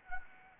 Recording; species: mosquito wingbeat signal from an infrared sensor; Anopheles arabiensis